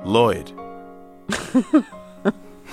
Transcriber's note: soundbite of laughter